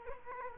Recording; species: mosquito wingbeat signal from an infrared sensor; Culex quinquefasciatus